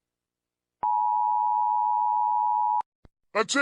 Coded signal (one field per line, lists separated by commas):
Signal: Emergency Alert System (SAME) tones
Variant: 853 and 960 Hz attention tone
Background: speech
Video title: Because I'm all out of MONEY- (EAS Scenario)